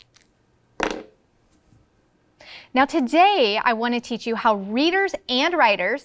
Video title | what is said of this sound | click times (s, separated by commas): First Grade November 18, 2020 | now tap back on your marker make sure it clicks shut | 0.8 s